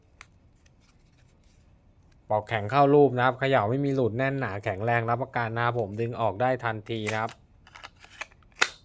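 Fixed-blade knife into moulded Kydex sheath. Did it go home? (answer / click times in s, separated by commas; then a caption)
yes / 8.6 s. Someone talks while handling a model 04 FBIQQ fixed-blade knife, 8 inches long, with a rust-resistant coated 9Cr18MoV steel blade and a thick spine. After the talk, faint scrapes and ticks are heard as the blade is pushed back into its moulded Kydex hard sheath. At 8.6 s a sharp snap sounds as the knife locks into the sheath's retention lock and seats firmly.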